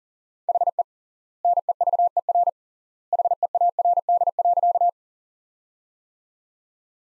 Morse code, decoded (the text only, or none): HE NEVER HEARD.